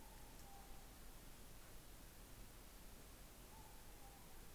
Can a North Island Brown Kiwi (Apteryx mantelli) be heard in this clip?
no